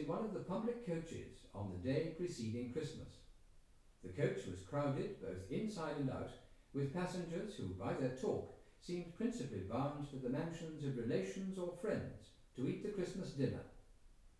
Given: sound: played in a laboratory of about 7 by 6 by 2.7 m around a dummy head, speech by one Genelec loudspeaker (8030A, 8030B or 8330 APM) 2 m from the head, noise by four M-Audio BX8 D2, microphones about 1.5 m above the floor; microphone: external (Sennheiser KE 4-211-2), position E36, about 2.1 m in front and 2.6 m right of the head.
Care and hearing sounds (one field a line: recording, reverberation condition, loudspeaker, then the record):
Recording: male speech in English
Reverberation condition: medium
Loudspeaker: 30 degrees to the right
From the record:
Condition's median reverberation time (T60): about 510 ms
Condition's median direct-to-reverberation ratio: about -0.5 dB